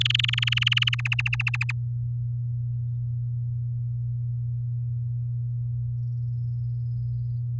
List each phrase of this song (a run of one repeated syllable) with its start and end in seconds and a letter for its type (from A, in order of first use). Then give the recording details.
0.01-1.01 A, 1.05-1.72 B. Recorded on 6 May 2018 at 10:31. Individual llb16